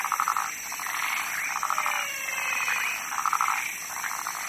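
Frog giving rattling, pulsed croaks in repeated bursts, with a constant high hiss in the background.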